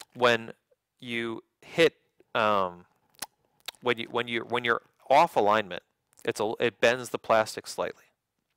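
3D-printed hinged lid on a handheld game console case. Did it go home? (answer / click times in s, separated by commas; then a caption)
no / none. Someone talks while rotating the 3D-printed plastic hinged lid of a handheld game console case; off alignment, the lid slightly bends the plastic. Two brief sharp ticks sound in a pause in the speech, around 3.2 s and 3.7 s. The lid has not yet snapped into position, and nothing has seated by the end.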